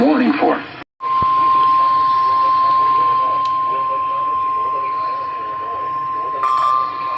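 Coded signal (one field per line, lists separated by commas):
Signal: Emergency Alert System (SAME) tones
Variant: 1050 Hz attention tone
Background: speech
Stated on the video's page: Received from NOAA weather radio stations on 162.525, 162.475, 162.425, 162.500 and 162.550 MHz in Illinois.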